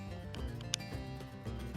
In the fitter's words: snaps on place just like that.